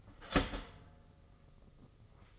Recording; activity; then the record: daily activity, microphone in the room; start toaster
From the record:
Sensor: 4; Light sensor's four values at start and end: 13/32/13/14 and 12/29/12/12